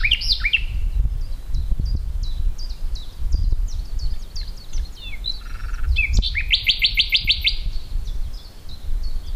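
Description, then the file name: Common nightingale gives a run of short sliding chirps, then a rapid series of loud repeated notes late, with low rumbling noise throughout. "Luscinia megarhynchos"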